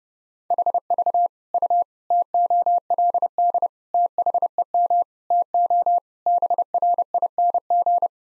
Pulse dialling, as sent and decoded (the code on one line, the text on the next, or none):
none